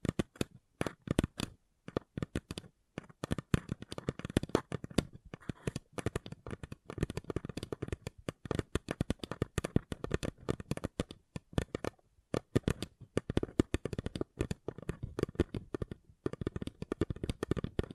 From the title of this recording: Paper Cup Tingles